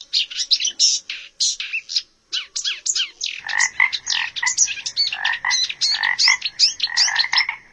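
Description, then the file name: Frogs croaking in a dense chorus, many rapid overlapping rasping calls with a brief pause near two seconds, then continuous calling. Frogs at a river, nature sounds. "Odgłosy natury Żabia rzeka"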